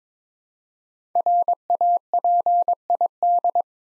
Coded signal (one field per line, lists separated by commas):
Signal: Morse code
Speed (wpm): 22 wpm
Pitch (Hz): 700 Hz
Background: none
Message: RAPID